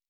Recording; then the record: hydrophone in a shrimp aquaculture tank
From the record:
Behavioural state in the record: normal